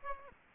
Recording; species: mosquito wingbeat signal from an infrared sensor; Aedes aegypti